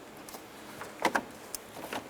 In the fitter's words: push those in until it locks into place